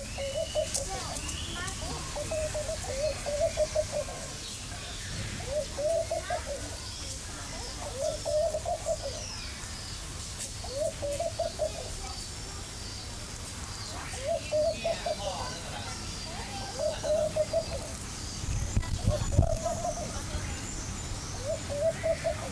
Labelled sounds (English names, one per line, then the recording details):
Laughing Dove song
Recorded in captivity
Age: adult
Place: Zoo Berlin, Berlin, DE
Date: 2005-08-17 15:08
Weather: fair, 18°C
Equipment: Panasonic RQ-2102, Sennheiser ME 80, Kopie Uher 4000 Report Monitor
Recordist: Tembrock, Günter